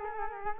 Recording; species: mosquito wingbeat signal from an infrared sensor; Culex quinquefasciatus